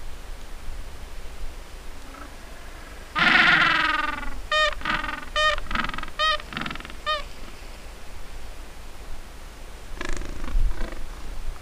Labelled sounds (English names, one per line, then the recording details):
Gentoo Penguin
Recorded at the colony at Cape Tuxen, Antarctica, on 4 January 2015
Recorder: Song Meter SM2+